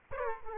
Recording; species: mosquito wingbeat signal from an infrared sensor; Aedes aegypti